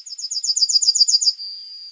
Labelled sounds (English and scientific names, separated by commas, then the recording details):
Yellowhammer (Emberiza citrinella) song
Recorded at under 5 m from the bird
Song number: 161